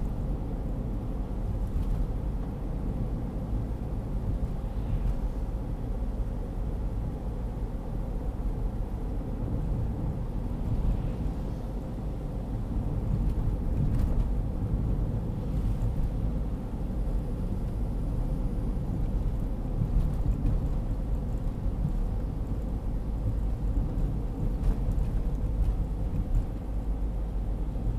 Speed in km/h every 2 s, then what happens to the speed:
54, 54, 54, 55, 54, 53, 53, 53, 52, 52, 50, 51, 50, 49.
0-28 steady at about 53.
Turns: none.